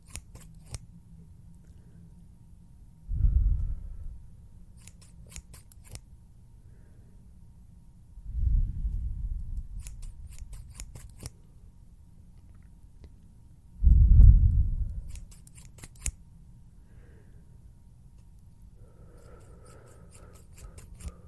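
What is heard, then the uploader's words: Scissors open and close in three low, rustling bursts near 3, 8 and 14 seconds, with sharp snips and clicks scattered between over a steady hum. HAND SOUNDS, FINGER FLUTTERING, SCISSORS SOUNDS.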